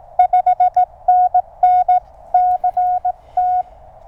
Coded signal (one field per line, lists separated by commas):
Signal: Morse code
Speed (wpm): 20 wpm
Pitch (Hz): 720 Hz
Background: none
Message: 5NN CT